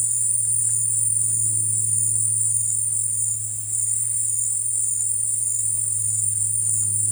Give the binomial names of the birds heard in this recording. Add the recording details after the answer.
none. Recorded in dense forest near Puerto Asís, Putumayo, Colombia, on 20 February 2024 at 14:00. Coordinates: 0.484, -76.317. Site G6464